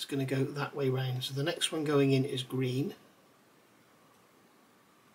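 Someone talks while handling a green wire's barbed terminal, lined up with the barb toward the clip side, for pushing into a plastic connector housing on a Tri Bar LED light unit for a UK Mustang GT. The speech stops near 3.0 seconds, leaving only faint low background noise to the end. Nothing has clicked or seated yet.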